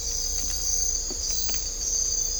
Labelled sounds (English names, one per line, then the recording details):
none
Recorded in dense forest near Puerto Asís, Putumayo, Colombia, on 18 December 2024 at 03:30
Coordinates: 0.500, -76.322
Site G053